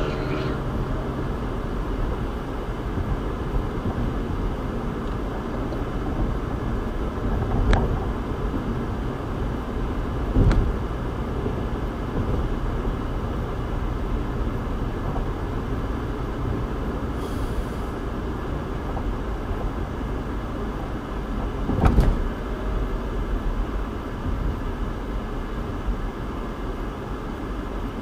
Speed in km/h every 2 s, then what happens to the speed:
74, 74, 74, 74, 74, 76, 76, 74, 71, 66, 63, 56, 52, 48.
0-13 steady at about 74. 13-28 slows to 48.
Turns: none.